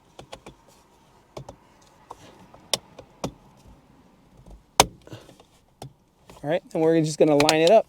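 A few light taps and clicks lead up to a sharp snap at 4.8 s as the second side of the plastic FitcamX dash camera cover on a 2022 Honda Civic is pressed until its housing clip seats into the headliner trim, the same way as the first side. Then someone talks.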